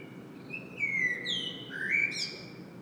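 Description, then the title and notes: Common blackbird giving a short melodious phrase of gliding whistled notes that rises into a bright high squeak at the end, with low background hum. Blackbird singing at Saint-Gilles, Belgium; Sony PCM-M10 internal microphone. "Saint-Gilles, Belgique - Blackbird singing. Le merle chante. Sony PCM-M10 internal microphone"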